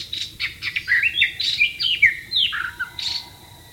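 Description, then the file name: White-rumped shama song, a fast varied series of sweet whistles and sharp slurs, ending in a sustained tone. "suara burung murai batu di alam liar"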